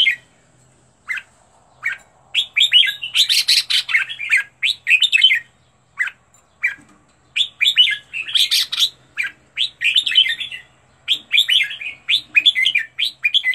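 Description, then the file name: Red-whiskered bulbul song of lively chirped phrases, busy tumbling runs alternating with brief quiet breaks, notes repeated in quick clusters throughout. Training song for teaching birds to sing, with 15 standard song styles. "tieng-luyen-giong-chao-mao-hot-15-giong-chuan"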